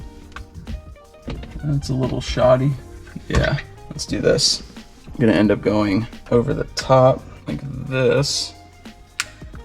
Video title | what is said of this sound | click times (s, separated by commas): Is a $100 Apple CarPlay Mirror Worth It? | Clips in and then running that down here yeah it's a lot tighter | 9.2 s